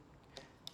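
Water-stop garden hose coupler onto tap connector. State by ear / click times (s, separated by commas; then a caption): seated / 0.7 s. A plastic water-stop garden hose coupler is pushed onto a plastic tap connector, with a faint tick at 0.4 s before a sharp, bright click at 0.7 s. The coupler clicks home and is seated on the tap connector.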